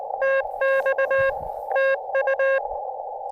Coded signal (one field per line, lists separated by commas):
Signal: Morse code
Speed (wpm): 20 wpm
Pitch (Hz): 1600 Hz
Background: none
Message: TX TU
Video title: Dual Summits on the Air (SOTA) Morse Code activation.